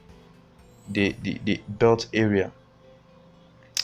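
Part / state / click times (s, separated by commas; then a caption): metal retaining clip into ATM clamp belt assembly / seated / 3.8 s. A metal retaining clip that holds the belt area of an ATM clamp assembly is refitted while someone talks over a low steady hum. A sharp click at 3.8 s marks the clip seating in place.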